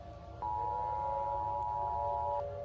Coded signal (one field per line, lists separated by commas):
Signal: Emergency Alert System (SAME) tones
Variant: 853 and 960 Hz attention tone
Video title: i rated a few eas alarms part 2